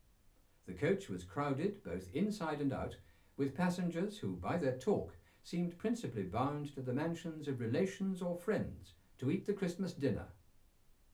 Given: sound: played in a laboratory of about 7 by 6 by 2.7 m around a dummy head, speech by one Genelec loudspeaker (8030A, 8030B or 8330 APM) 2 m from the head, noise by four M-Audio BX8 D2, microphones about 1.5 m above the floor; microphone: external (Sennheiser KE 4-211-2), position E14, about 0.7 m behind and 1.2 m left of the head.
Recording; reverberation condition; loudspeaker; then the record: male speech in English; low; 150 degrees to the right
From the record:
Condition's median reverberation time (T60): about 310 ms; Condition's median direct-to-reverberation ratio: about 3.5 dB